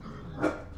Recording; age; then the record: pig call; growing-finishing pig (85 days or more)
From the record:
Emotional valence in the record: positive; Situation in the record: run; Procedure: transit